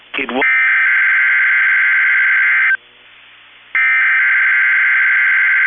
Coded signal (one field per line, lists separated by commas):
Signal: Emergency Alert System (SAME) tones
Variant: header bursts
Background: speech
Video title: 10/6/21 - KEC65 Required Weekly Test (EAS #256)